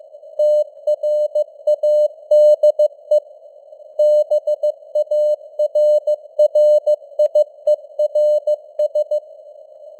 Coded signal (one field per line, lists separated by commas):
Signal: Morse code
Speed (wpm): 15 wpm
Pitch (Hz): 600 Hz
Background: none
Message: TRADE BARRIERS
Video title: Morse Code News | 2025-11-07 | 15wpm